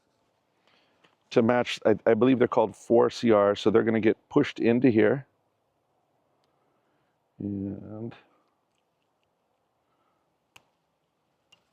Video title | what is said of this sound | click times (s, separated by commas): Emergency Preparedness: KIT for Solar Charging Solution for Ham Radio, panels, charger, box | okay that's a lock | 10.6 s, 11.5 s